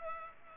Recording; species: mosquito wingbeat signal from an infrared sensor; Culex pipiens